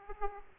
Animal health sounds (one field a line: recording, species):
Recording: mosquito wingbeat signal from an infrared sensor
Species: Aedes aegypti